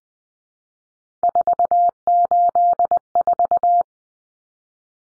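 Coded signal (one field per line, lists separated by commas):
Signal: Morse code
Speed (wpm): 20 wpm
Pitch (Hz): 700 Hz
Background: none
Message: 484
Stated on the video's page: Morse drill of common three-digit cut numbers (T, A, N for 0, 1, 9) at 20 wpm for head-copy, each sent, spoken, then sent again.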